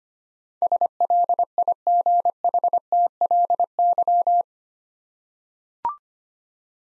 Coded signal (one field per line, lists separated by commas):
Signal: Morse code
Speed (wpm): 25 wpm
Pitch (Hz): 700 Hz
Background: none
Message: SLIGHTLY